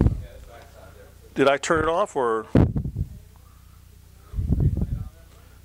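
Someone handles the battery in a wireless microphone pack after the audio drops out, checking the power and finding no light. Someone talks briefly, with short knocks and rustles of handling around 0.0 s, 2.8 s and 4.5–4.8 s. Nothing has seated or clicked in yet.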